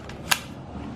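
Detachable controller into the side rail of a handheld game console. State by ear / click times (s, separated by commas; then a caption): seated / 0.3 s. A red detachable controller is slid down the side rail of a Nintendo Switch handheld console. A faint tick at 0.1 s is followed by a single sharp click at 0.3 s as it clips into place and seats.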